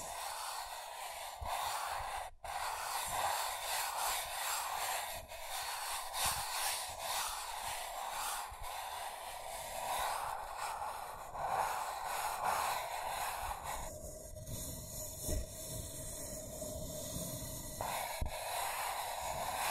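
Scratching and tracing sounds, a dense hissing rasp with quick irregular strokes, brief sharp clicks, and a smoother muffled stretch near fifteen seconds.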